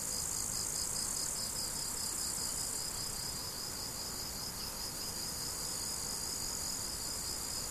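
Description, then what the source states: Crickets chirping in steady high pulses about two or three times a second over a continuous higher insect hiss. Crickets, recorded 17 July 2012 with an MZ-N710 recorder.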